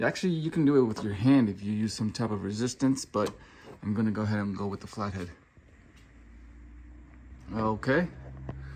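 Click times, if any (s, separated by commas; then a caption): 8.4 s, 8.5 s. A man talks while prying a plastic trunk trim panel near the light housing of a Jeep Grand Cherokee with a flathead screwdriver. After he stops talking there is a low, steady hum, then the plastic trim panel clip snaps loose from the trunk body with two short snaps at 8.4 s and 8.5 s, and the clip is released.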